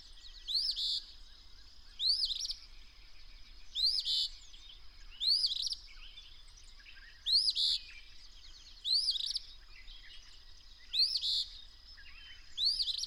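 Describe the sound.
Bird song, repeated upslurred whistles tailing into buzzy notes, with soft background chirps and a constant high tone.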